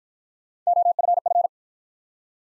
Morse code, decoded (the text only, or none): OFF